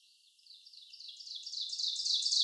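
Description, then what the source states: Ovenbird song, high repeated chanting phrases that start soft and swell steadily louder over two seconds, cut off at the loudest point. Recorded on 30 May 2019; three songs.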